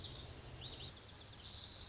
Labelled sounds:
Lazuli Bunting (Passerina amoena)
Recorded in Sonoma County, California

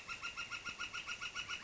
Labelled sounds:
Northern Flicker (Colaptes auratus)
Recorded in Sonoma County, California

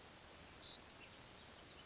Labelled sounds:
Savannah Sparrow (Passerculus sandwichensis)
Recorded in Sonoma County, California

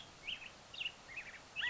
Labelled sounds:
California Quail (Callipepla californica)
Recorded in Sonoma County, California

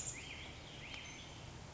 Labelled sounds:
Black-headed Grosbeak (Pheucticus melanocephalus)
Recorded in Sonoma County, California

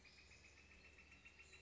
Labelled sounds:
Northern Flicker (Colaptes auratus)
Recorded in Sonoma County, California

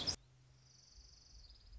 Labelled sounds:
Orange-crowned Warbler (Leiothlypis celata)
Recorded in Sonoma County, California

